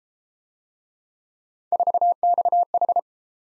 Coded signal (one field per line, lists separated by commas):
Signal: Morse code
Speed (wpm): 32 wpm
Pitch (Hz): 700 Hz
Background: none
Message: 4XH